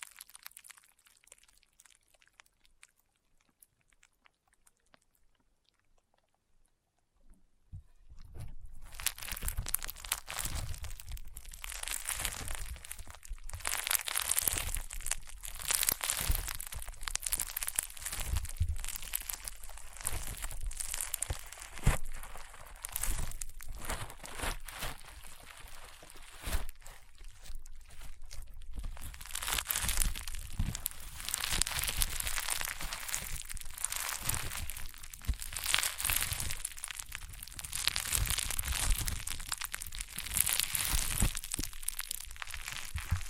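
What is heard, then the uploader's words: Crunchy, popping slime being squeezed and worked. After about eight seconds of near silence, dense crackling and crinkling bursts start and carry on steadily to the end, bright and sharp, with soft low thumps underneath. ASMR EXTREME CRUNCHY AND POPPING SOUNDS Rainbow Honeycomb Slime (No Talking).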